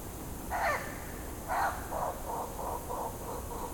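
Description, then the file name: Ural owl giving harsh barking calls, two longer rasping notes followed by six shorter clipped barks, over steady background hiss. "Strix uralensis - Ural Owl"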